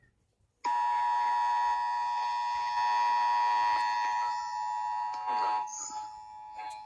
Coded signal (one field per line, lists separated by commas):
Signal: Emergency Alert System (SAME) tones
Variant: 853 and 960 Hz attention tone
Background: speech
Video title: EAS Scenario: Ice and Nice/ Fire And Ice part 1